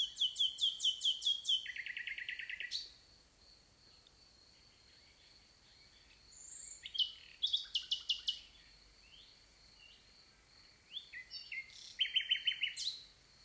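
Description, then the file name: Common nightingale song: three bursts of rapid, repeated clear notes, some phrases stepping down in pitch, separated by pauses of a few seconds, over a faint steady high hiss. "Rossignol"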